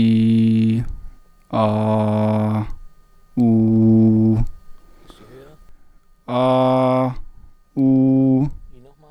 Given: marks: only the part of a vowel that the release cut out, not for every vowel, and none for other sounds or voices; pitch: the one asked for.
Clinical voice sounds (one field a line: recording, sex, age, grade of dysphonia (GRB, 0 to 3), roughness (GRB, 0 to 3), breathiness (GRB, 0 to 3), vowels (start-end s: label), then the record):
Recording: sustained vowels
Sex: male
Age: 30 to 39 years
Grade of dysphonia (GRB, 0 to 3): 1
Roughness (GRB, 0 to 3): 1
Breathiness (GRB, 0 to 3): 0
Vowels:
0.00-0.74 s: vowel /i/, normal pitch
1.65-2.53 s: vowel /a/, normal pitch
3.43-4.32 s: vowel /u/, normal pitch
6.34-7.03 s: vowel /a/, high pitch
7.82-8.37 s: vowel /u/, high pitch
From the record:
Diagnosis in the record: healthy voice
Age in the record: 30 years